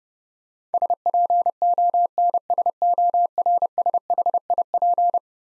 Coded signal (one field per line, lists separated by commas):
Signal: Morse code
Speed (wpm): 30 wpm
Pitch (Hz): 700 Hz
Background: none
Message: SPONSORSHIP